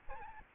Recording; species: mosquito wingbeat signal from an infrared sensor; Aedes albopictus